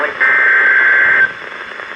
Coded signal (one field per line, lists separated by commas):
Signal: Emergency Alert System (SAME) tones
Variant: header bursts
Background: speech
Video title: Severe Thunderstorm Warning (EAS #1472-1473)